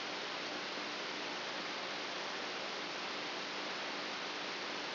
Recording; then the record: brain microelectrode recording played as sound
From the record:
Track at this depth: outside the subthalamic nucleus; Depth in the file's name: 7.04 mm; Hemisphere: right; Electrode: 2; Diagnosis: Parkinson's disease